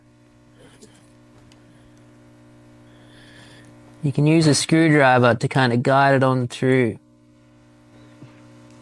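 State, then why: Not seated. A grip heater element lead for a Ski-Doo 850 snowmobile is guided through the handlebar hole with a screwdriver before being pushed home. Someone talks from about 4.1 to 7.0 seconds over a steady mains-like hum, with a faint tap at 1.5 seconds. Nothing has seated or clicked yet.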